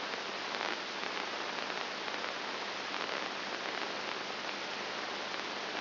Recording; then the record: brain microelectrode recording played as sound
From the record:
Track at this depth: inside the subthalamic nucleus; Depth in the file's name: 1.302 mm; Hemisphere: right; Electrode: 2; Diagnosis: Parkinson's disease